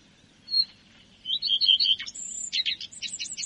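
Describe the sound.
Common redstart song: a thin opening note, a short run of repeated notes, then a scratchy, high twittering ending.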